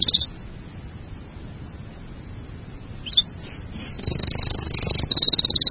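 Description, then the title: Bird song, a few short high notes at the start, then a quiet gap before a rapid, thin, high trill builds in the last two seconds. "burung online"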